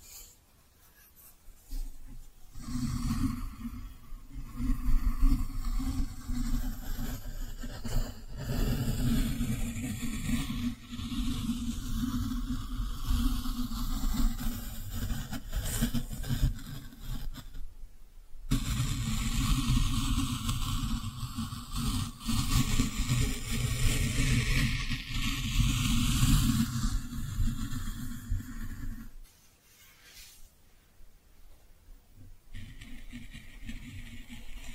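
Brushing with soft, squishy triggers runs as a dense, steady rumbling swish, heavy in the low end with a brighter hiss above. It plays in two long stretches, from about 2 to 18 seconds and 19 to 29 seconds, broken by brief pauses, then quieter sounds close it out.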